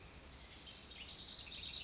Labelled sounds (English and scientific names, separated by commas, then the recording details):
Chestnut-backed Chickadee (Poecile rufescens)
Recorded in Sonoma County, California